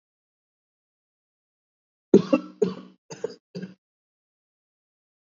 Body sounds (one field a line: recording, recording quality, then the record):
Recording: heavy voluntary cough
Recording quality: excellent, no background noise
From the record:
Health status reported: COVID-19 positive, mild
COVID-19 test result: positive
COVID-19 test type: RT-PCR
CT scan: not taken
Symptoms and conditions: cough, fatigue, muscle pain, hypertension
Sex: male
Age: 35 years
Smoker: yes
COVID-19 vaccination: both doses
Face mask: worn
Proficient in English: yes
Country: India